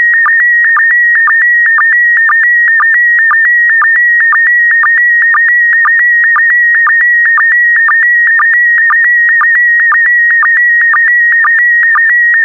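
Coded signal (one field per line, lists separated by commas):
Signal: SSTV (slow-scan television)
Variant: PD120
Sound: steady warbling tone near 1.9 kHz, with rhythmic low blips about twice a second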